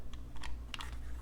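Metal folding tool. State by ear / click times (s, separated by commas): not seated / none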